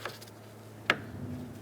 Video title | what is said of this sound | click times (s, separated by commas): How to Replace Engine Cooling Fan Assembly 2012-2018 Ford Focus | Make sure it clicks closed. | 0.9 s